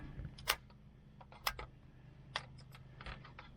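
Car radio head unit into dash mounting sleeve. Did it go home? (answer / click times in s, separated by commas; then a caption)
yes / 1.5 s, 2.4 s. A new short-chassis Pioneer car radio head unit is pushed into its dash mounting sleeve in a 1998 Jeep Wrangler, with a steady low hum underneath and several sharp plastic-like clicks and taps throughout. The sleeve's spring clips snap at 1.5 s and 2.4 s, locking the unit in place so it is seated and won't come back out.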